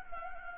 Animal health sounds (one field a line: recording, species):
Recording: mosquito wingbeat signal from an infrared sensor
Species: Anopheles gambiae